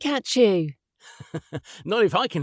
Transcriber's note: giggles